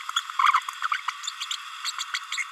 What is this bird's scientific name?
Forpus passerinus